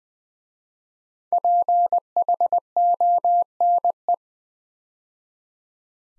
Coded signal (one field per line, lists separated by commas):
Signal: Morse code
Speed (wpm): 20 wpm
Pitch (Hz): 700 Hz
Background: none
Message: PHONE